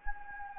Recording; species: mosquito wingbeat signal from an infrared sensor; Anopheles gambiae